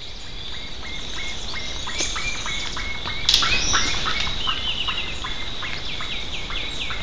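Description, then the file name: Bird calls: quick, clipped notes repeating several times a second in an uneven chatter, with a brief louder burst midway and constant high background hiss. "SABIOD 50 bird 2015"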